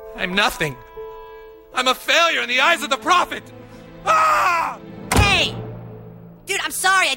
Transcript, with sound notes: I'm nothing. I'm a failure in the eyes of the prophet. (Soundbite of scream) Hey, dude, I'm sorry.